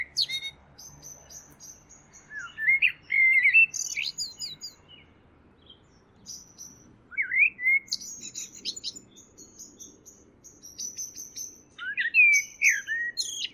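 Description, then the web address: Bird song of varied slurred and chattering phrases with high thin notes, given in bursts with gaps; faint low rumble underneath. "Deverinetal. Bird Only"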